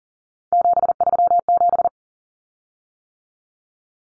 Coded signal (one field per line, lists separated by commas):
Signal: Morse code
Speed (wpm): 40 wpm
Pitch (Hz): 700 Hz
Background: none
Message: 737